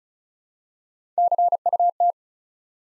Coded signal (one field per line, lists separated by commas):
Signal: Morse code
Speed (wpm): 36 wpm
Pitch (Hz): 700 Hz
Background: none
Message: CUT